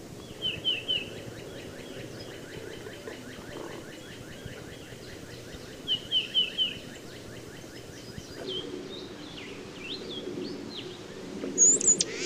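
Tufted titmouse calling: quick bright triplets of clear notes over a long run of fast, repeated fainter notes, then high thin notes near the end.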